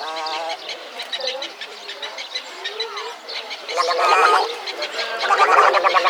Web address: EGRETTA GARZETTA. little egret